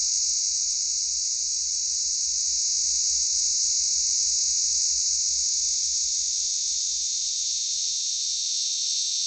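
Cicada drone, an unbroken shrill buzz that stays level and intense the whole way, over a soft low flutter.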